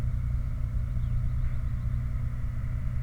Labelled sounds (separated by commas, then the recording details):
vehicle
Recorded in the Prudhoe Bay oil fields, Alaska, on 29 July 2019 at 03:58
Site 29